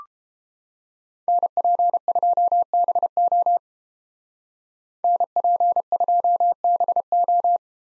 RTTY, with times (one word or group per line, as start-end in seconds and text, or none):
none